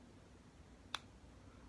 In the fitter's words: for whatever reason it just feels really heavy and it has a magnet here that will kind of snap into this if